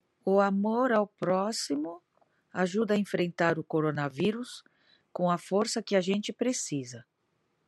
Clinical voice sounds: spoken sentence; Brazilian Portuguese; female; 40 to 49 years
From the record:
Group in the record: control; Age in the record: 47 years

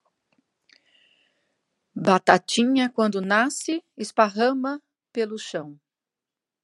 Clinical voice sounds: short text; Brazilian Portuguese; female; 60 to 69 years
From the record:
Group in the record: control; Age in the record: 64 years

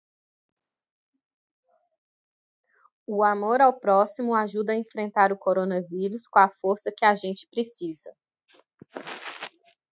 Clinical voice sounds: spoken sentence; Brazilian Portuguese; female; 30 to 39 years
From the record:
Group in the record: control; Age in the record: 34 years

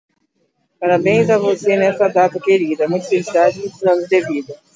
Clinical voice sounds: short text; Brazilian Portuguese; female; 40 to 49 years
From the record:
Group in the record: control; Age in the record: 42 years

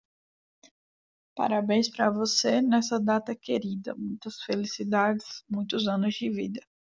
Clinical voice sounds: short text; Brazilian Portuguese; female; 20 to 29 years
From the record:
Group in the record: control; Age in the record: 22 years

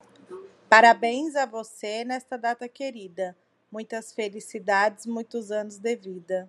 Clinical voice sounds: short text; Brazilian Portuguese; female; 30 to 39 years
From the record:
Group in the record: control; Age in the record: 35 years

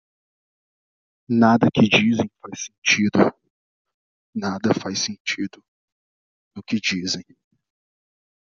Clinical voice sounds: short text; Brazilian Portuguese; male; 30 to 39 years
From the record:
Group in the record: control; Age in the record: 35 years

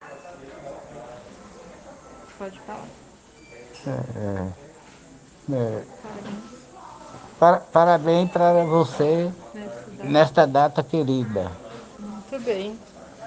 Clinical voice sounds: spoken sentence; Brazilian Portuguese; male; 70 to 79 years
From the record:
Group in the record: respiratory insufficiency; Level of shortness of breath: 5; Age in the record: 71 years

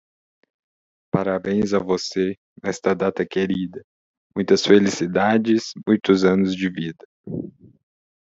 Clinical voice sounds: short text; Brazilian Portuguese; male; 30 to 39 years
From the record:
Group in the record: control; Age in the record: 32 years

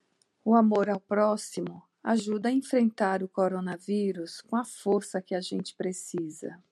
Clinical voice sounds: spoken sentence; Brazilian Portuguese; female; 50 to 59 years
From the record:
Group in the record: control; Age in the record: 51 years

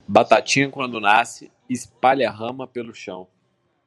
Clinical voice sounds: short text; Brazilian Portuguese; male; 18 to 19 years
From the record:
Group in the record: control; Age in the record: 18 years

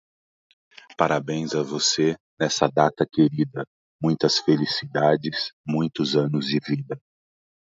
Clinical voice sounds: short text; Brazilian Portuguese; male; 40 to 49 years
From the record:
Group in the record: control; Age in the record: 49 years

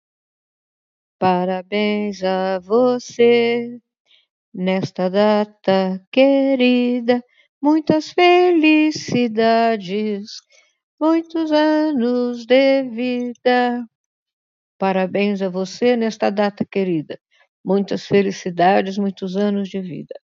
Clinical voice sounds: short text; Brazilian Portuguese; female; 70 to 79 years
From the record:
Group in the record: control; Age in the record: 70 years

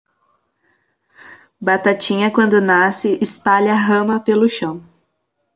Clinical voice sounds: short text; Brazilian Portuguese; female; 20 to 29 years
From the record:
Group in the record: control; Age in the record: 25 years

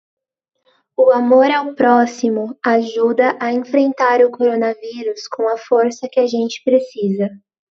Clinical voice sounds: spoken sentence; Brazilian Portuguese; female; 20 to 29 years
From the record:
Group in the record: control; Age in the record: 20 years

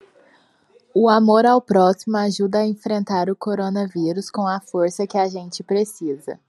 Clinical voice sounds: spoken sentence; Brazilian Portuguese; female; 20 to 29 years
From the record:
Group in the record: control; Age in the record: 21 years

